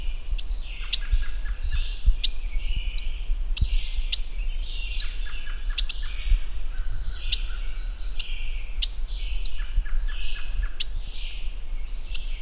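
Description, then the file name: Mourning warbler giving sharp, high chip notes at irregular intervals over softer twittering from other birds and a low background rumble. "Mourning Warbler - Geothlypis philadelphia"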